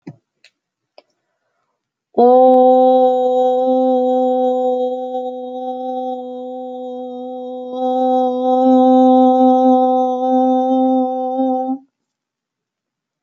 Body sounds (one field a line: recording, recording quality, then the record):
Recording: sustained vowel as in boot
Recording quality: excellent, no background noise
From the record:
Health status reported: healthy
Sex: female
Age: 30 years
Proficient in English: yes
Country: United States